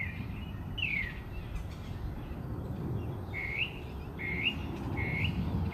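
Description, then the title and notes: Bird song, a sharp downslurred whistle followed by short repeated rising notes in a regular series, over a low rumbling background. Birds singing outside the recordist's house. "Bird Songs Part Two. More bird songs outside my house"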